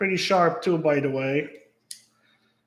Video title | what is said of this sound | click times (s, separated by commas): Carp Angler Live | okay it falls down clicks back into place | 1.9 s